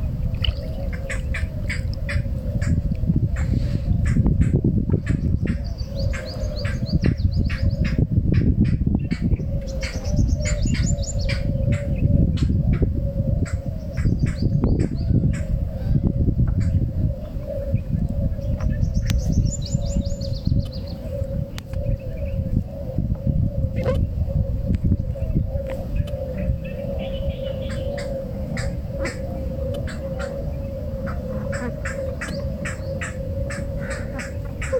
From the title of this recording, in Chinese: 阿拉伯联合酋长国阿治曼红树林